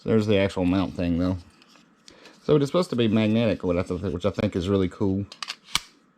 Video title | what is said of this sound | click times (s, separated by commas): Cardo PackTalk Edge Duo Pack Unboxing & Installation | oh yeah you can definitely tell watch how fast that snaps into place good Lord how do you get it out of there | 5.8 s